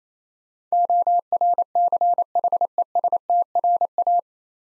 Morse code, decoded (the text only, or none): ORCHESTRA